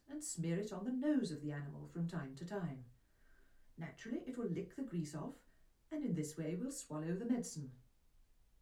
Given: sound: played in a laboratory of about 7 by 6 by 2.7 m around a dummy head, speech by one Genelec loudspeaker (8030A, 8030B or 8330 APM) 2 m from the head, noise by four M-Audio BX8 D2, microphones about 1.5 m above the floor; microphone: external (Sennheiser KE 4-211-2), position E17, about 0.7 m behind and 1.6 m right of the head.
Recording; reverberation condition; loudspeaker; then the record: female speech in English; low; 30 degrees to the left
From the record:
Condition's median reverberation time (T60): about 310 ms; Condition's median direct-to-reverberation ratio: about 3.5 dB